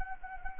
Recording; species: mosquito wingbeat signal from an infrared sensor; Anopheles arabiensis